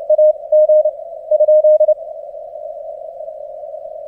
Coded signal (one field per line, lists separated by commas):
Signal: Morse code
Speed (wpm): 30 wpm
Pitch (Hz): 610 Hz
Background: none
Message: A G ?